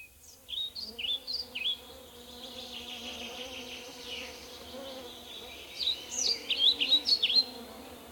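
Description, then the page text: Flycatcher song: two short bursts of high, sweet, swooping notes, the first near the start and the second after a softer stretch of about four seconds, over a steady hum. "Мухоловка пение. Zvukogram"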